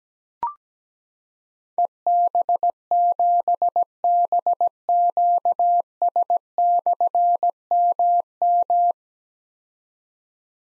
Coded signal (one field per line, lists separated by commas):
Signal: Morse code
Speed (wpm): 17 wpm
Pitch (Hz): 700 Hz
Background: none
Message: EB7BQS/MM